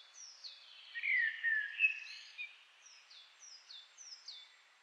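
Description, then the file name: Common blackbird warbled fluty phrase, rich and slurred, followed by several high, thin, downslurred notes. "Turdus merula"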